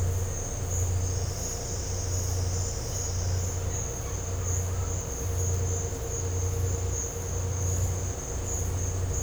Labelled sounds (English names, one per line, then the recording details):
none
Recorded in dense forest near Puerto Asís, Putumayo, Colombia, on 13 March 2025 at 13:30
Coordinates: 0.468, -76.322
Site GP01